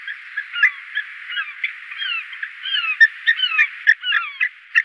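White-tailed eagle giving shrill yelps and slurred, falling notes in irregular succession against a steady hiss.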